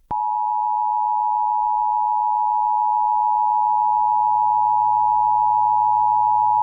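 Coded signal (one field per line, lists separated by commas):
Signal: Emergency Alert System (SAME) tones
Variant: 853 and 960 Hz attention tone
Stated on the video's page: Immediate Evacuation alert issued by civil authorities for a wildfire evacuation, relayed by an FM station and captured from its online live stream.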